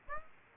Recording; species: mosquito wingbeat signal from an infrared sensor; Aedes aegypti